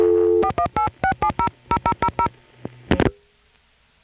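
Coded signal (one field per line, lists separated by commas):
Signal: DTMF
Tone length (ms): 80 ms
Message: 4186700000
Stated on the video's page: Long-distance telephone network signalling on centralized intercept calls routed via New York.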